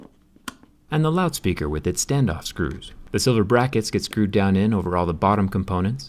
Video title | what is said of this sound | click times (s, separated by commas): Tearing iphone x max down!!! | SIM card tray pops into place and the | 0.5 s